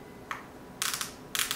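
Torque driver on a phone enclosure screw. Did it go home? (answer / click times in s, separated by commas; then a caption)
yes / 0.3 s, 0.8 s. A torque-limiting driver tightens the next enclosure screw on an iPhone 12 Pro, and its clutch clicks and slips at its setting so the screw can't be overtightened. Sharp clicks sound at 0.3 s and 0.8 s, with further bursts of clicking around 1.0 s and 1.4–1.5 s.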